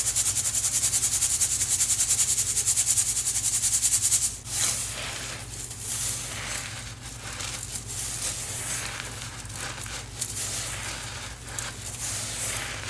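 Cornstarch crunchies being worked: for the first four seconds a dense, bright, rapidly ticking hiss like powder being sifted, then it stops abruptly. After that come scattered, irregular crunches and crackles, softer and uneven, over a low steady hum.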